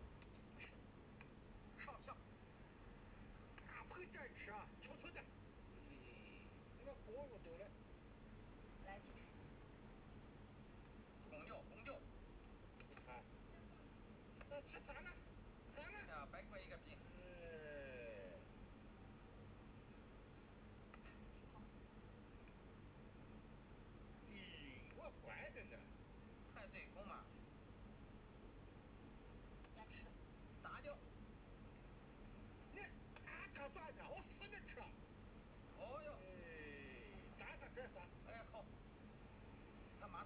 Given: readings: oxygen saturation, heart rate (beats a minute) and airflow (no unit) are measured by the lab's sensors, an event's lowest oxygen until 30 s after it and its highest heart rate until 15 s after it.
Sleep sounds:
a person awake in a sleep study, by a voice recorder at the bedside; none
0.00-40.26 s: awake
From the record:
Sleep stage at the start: awake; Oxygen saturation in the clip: 94 to 96%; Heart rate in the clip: 75 to 81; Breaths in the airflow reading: 11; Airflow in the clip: -5.3 to 6.2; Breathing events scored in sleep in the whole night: 131 in 7.2 hours asleep

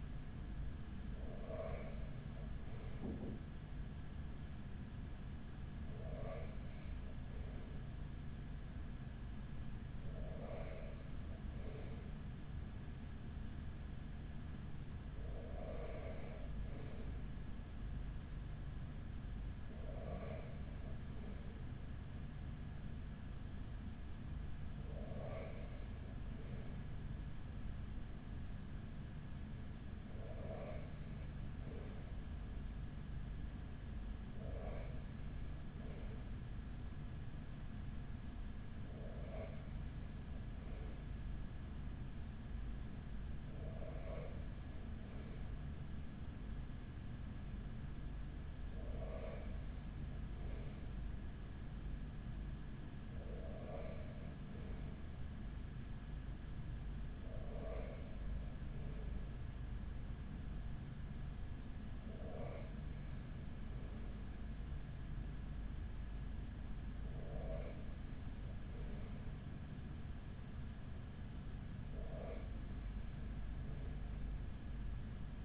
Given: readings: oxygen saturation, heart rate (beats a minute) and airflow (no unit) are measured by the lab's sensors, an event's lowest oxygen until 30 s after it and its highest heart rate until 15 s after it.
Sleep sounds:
breathing in sleep by a smartphone at the bedside; none
none scored
From the record:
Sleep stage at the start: N2 (light sleep); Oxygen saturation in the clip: 94 to 95%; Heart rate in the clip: 40 to 45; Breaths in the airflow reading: 16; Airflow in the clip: -7.0 to 5.3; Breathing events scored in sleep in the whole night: 207 in 7.6 hours asleep

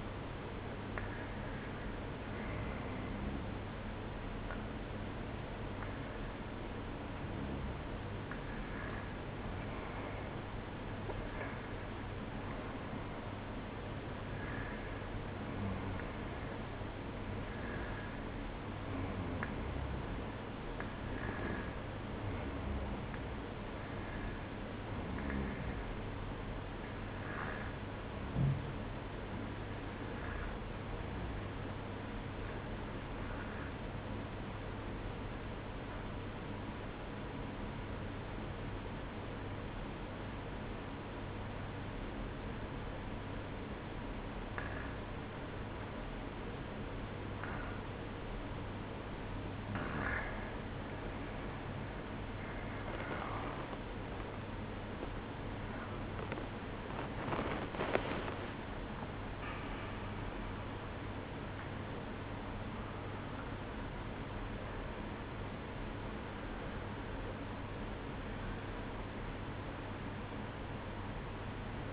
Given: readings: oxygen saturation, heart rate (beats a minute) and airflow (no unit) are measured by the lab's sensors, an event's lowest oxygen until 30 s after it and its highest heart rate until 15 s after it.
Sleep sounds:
breathing in sleep by a voice recorder at the bedside; 1
35.00-48.80 s: obstructive apnea (REM, oxygen 95% highest, then 94% lowest, heart rate 58 at the start, 73 highest)
From the record:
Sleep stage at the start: REM sleep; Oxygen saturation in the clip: 93 to 95%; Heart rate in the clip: 58 to 73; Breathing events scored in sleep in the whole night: 305 in 9.6 hours asleep

